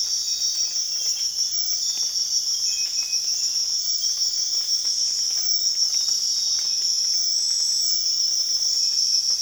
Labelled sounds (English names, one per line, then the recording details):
none
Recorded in secondary vegetation near Puerto Asís, Putumayo, Colombia, on 25 June 2025 at 05:00
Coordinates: 0.485, -76.322
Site GP06